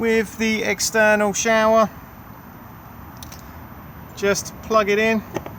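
Someone talks while handling the shower hose connector at the external shower outlet on a 2021 Benimer Tessoro T481 caravan, with a brief faint tick around 3.2 s during a quiet gap. The hose is not yet plugged in; nothing has seated or clicked yet.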